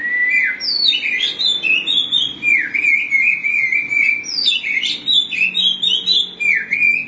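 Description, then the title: Oriental magpie-robin song, a continuous flow of sweet, varied whistled notes, some drawn out and wavering, others quick and dipping. "Suara Kicauan Burung Kacer"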